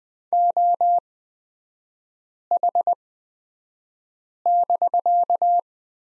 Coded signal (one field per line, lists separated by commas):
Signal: Morse code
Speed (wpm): 20 wpm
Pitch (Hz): 700 Hz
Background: none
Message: OH<BK>